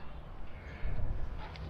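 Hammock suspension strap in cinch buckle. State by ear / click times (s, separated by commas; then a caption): not seated / none. A webbing hammock suspension strap is threaded the wrong way through a metal cinch buckle, strap on top first and then slid through, so the buckle fails to lock and the tree strap just slides through. Low rustling and handling noise rises around 0.8 s, with a small tap near 1.6 s that is not clearly the buckle. Nothing has clicked or locked in place yet.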